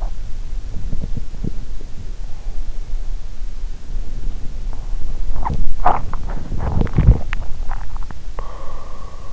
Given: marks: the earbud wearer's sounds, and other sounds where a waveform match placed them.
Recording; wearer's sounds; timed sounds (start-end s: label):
sounds in sleep by an in-ear microphone; body movement, swallowing
0.53-1.74 s: body movement
5.16-9.33 s: swallowing